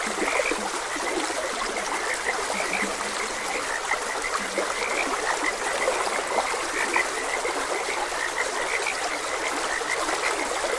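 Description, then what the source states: Croaking frogs give a steady stream of brief repeated notes, a few deeper ones early on, mixed with the constant sound of running water. Frogs croaking beside a gentle stream.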